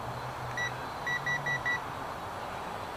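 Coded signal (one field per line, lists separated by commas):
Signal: none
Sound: drone's status beeps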